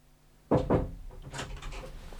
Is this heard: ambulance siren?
no